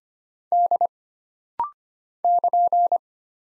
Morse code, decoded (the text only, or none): D <KN>